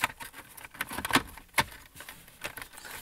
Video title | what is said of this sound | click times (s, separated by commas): 2012-2015 Ford Escape Sync 2 to Sync 3 Installation | all right snaps into place | 1.6 s